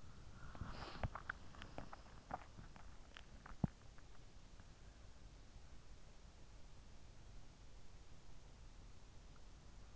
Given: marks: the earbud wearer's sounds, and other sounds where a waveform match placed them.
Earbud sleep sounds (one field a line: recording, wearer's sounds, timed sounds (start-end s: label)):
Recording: sounds in sleep by an in-ear microphone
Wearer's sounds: breath, swallowing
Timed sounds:
0.00-1.40 s: breath
1.30-4.26 s: swallowing